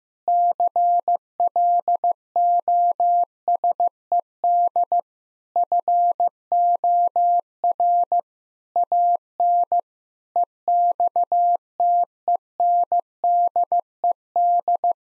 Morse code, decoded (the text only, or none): CLOSED FOR AN EXTENDED